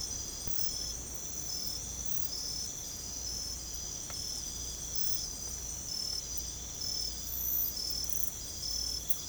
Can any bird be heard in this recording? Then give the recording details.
no. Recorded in secondary vegetation near Puerto Asís, Putumayo, Colombia, on 18 December 2024 at 05:00. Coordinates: 0.468, -76.324. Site G095